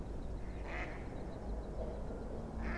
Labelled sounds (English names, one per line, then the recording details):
Mallard
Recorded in Germany
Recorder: ecoPi